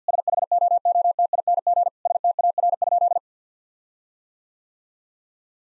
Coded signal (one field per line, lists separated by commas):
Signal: Morse code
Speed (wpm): 50 wpm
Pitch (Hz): 700 Hz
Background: none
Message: SHOOTING STAR?